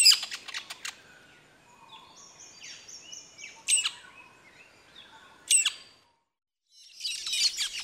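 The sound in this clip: Metallic starling calls: bursts of harsh clicking chatter alternating with thin wheezy slurred notes, irregular, with a brief gap near the end before more chatter.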